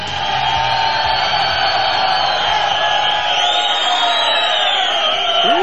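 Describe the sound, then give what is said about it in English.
A crowd cheers at a Cinco de Mayo bar party at Camacho's Cantina and Grill in the City of Industry, east of downtown Los Angeles: a steady, loud wall of overlapping voices and shouts, with scattered whoops and a rising, whistle-like call cutting through partway. “Wow, what a crowd here.”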